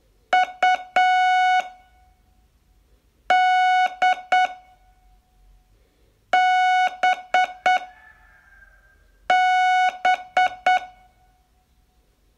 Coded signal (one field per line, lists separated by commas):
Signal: Morse code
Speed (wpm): 7 wpm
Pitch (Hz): 740 Hz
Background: none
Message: U D B B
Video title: Learn Morse in 42 Days from VU2LAU - day18